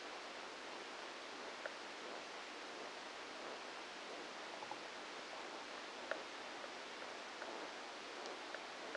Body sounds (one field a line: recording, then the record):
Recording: brain microelectrode recording played as sound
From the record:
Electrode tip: outside the subthalamic nucleus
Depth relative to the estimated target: 2 mm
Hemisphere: left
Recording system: NeuroSet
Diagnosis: Parkinson's disease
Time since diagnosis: 9 years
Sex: female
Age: 51 years